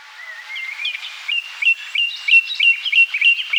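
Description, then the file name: Common nightingale song: a thin whistle leading into a series of loud, sharp repeated notes that grow stronger, delivered about three per second. "Luscinia megarhynchos"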